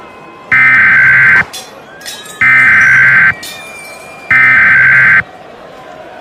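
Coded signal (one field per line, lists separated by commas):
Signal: Emergency Alert System (SAME) tones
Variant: header bursts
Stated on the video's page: Fictional EAS scenario with valid EAS tones.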